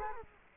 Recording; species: mosquito wingbeat signal from an infrared sensor; Culex quinquefasciatus